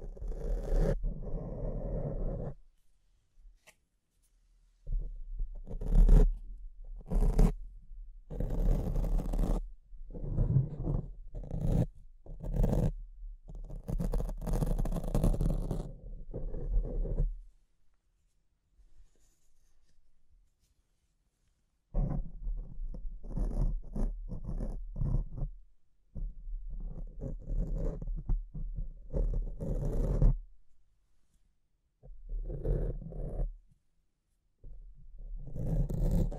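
Close scratching and rubbing against a microphone, in irregular bursts of rough, mostly low scraping with occasional brighter sharp strokes. Activity runs in dense stretches, roughly the first seventeen seconds and again after twenty-two seconds, separated by near silence and a steady low hum.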